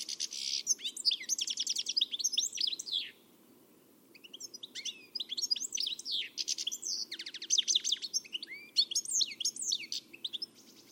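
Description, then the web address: Bird calls in dense chattering bursts of high chirps and trills, a brief silent gap near the third second, then further rapid twittering to the close. "Deverinetal. Bird Only"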